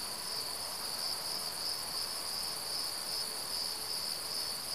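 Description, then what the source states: Cricket chorus, shrill, high and slightly pulsing, unbroken throughout. Southern crickets.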